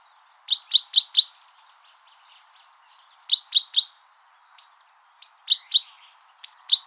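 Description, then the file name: Great tit calls in several spaced groups of two to four sharp, high ticking notes, one led by a short whistle, with faint soft notes in the gaps. "Parus major"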